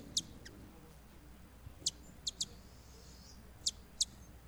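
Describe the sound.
Broad-tailed hummingbird giving a few isolated, sharp high chips, some in pairs, spaced irregularly over steady low background hiss.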